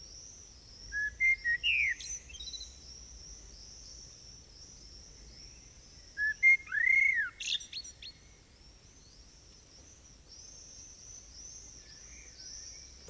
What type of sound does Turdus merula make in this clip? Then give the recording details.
song. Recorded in the wild. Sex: male. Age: adult. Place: Bielefeld-Mitte, Nordrhein-Westfalen, DE. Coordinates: 52.0108, 8.55083. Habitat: residential district. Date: 1969-07-14. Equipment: Uher 4000 Report-S, Bändchenmikro Beyer M 260, Parabolspiegel Polyester (470 mm). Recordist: Conrads, Klaus